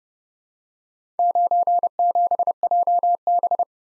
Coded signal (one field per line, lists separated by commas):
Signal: Morse code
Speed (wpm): 30 wpm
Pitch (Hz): 700 Hz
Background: none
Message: 97JB